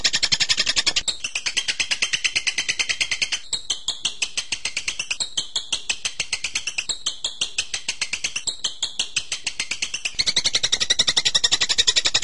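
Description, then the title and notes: Bird song: fast, high, buzzy chatter in steady pulses, with louder bursts at the start and the end. Birdsong used to train birds. "MASTERAN BURUNG. suarane manok"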